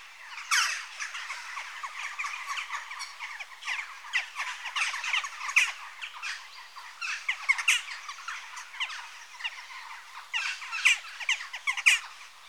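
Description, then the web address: Western jackdaws giving loud, abrupt chack and squawking calls in irregular bursts over a steady background of many overlapping flock calls. Adult birds. "BBC Sound Effects Library (Birds) Jackdaw (Corvus Monedula) Adults"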